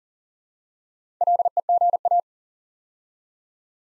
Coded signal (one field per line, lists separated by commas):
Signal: Morse code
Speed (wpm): 40 wpm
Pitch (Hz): 700 Hz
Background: none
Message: LEGA